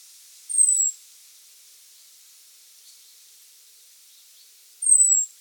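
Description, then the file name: Common blackbird thin, high call: two drawn-out, slightly falling whistled notes about four seconds apart, with only a faint hiss between them. "Turdus merula"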